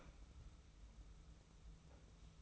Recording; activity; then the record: daily activity, microphone in the room; open fridge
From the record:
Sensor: 1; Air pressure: 991.1 hPa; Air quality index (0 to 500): 111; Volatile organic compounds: 113 ppm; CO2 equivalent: 3834 ppm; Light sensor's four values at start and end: 21/51/21/23 and 21/51/21/23